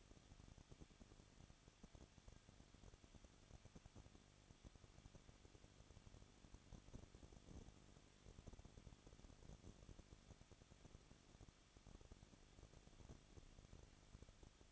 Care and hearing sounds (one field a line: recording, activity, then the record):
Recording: daily activity, microphone in the room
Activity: no activity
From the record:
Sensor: 4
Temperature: 23.0 degrees Celsius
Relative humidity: 34.2%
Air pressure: 1007.3 hPa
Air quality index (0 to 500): 217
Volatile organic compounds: 15 ppm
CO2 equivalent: 2512 ppm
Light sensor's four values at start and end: 2/3/1/1 and 2/3/1/1